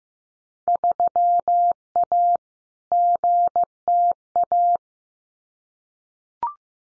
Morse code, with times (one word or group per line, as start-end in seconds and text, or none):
0.7-2.4 3A
2.9-4.8 GTA